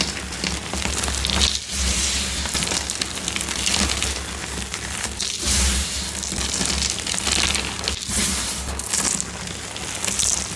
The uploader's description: Crushing gym chalk bombs filled with epsom salt and crispy reforms